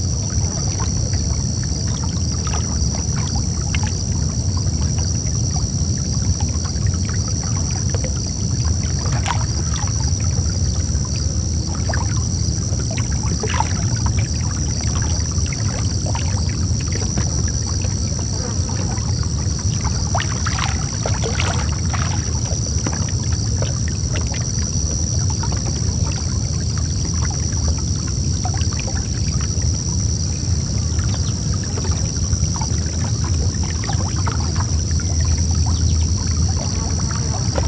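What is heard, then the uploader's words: Crickets trill in steady, dense high bands over a constant low rumble of still water, with scattered soft clicks and drips throughout. Still Water and Lively Crickets.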